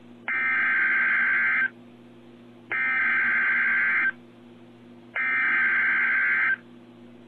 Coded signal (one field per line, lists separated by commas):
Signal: Emergency Alert System (SAME) tones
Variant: header bursts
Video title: Real EAS #297 - Severe Thunderstorm Warning